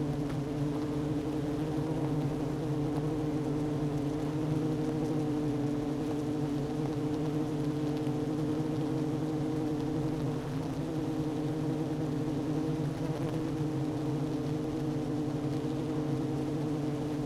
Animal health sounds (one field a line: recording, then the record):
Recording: honeybee colony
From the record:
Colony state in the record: active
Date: 12 June 2018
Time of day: 11:03